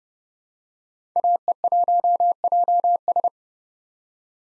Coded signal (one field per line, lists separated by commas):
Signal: Morse code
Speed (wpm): 31 wpm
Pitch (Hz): 700 Hz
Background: none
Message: AE1JS